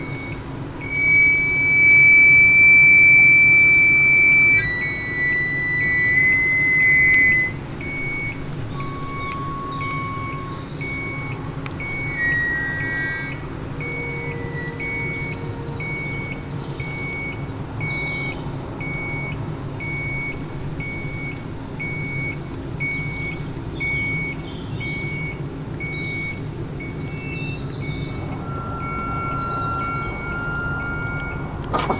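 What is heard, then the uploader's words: At a canal lock, a steady low rush of filling water runs throughout, loudest in the first seven seconds. A high electronic tone signals near the start, then squeaky gate creaks sound around 9–16 seconds, with a long rising squeal near 28 seconds. Canal de Garonne: Rusted Lock. Recorded at the lock of the Canal de Garonne (France), close to Moissac.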